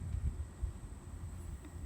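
A plastic locking retainer clip is handled and lined up at a Ford headlight harness connector plug housing before being slid in. Only faint, low handling rustles are heard over a steady high-pitched hum. Nothing has seated or clicked yet.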